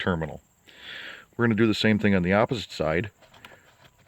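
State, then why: Not seated. Someone talks while a tool is pushed into the release hole on the back of the steering wheel of a 2006 Malibu to free the spring clip holding the driver airbag module. A brief hiss and a few faint, short ticks near 3.3–3.5 s are heard between the speech. The tool misses the clip and just pushes in, so the clip fails to release and nothing has clicked yet.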